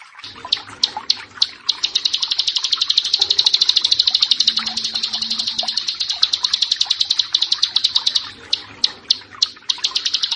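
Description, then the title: Bar-winged prinia song: dense, rapid high chattering notes, continuous through the middle and breaking into separate sharp chips at the start and end. "Ciblek Sawah"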